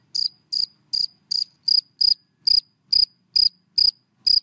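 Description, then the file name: Cricket chirping in clipped high pulses, about two a second. Crickets named in Vietnamese: dế mèn, dế cơm and dế than, calling. "Tieng de men de com de than keu"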